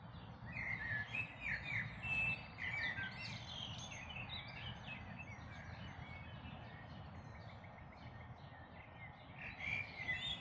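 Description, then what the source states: Mixed birdsong from many singers, busy bright chirps and twittering notes that thin out midway and pick up again near the end, over a constant low rumble. Dawn chorus recorded in May 2026.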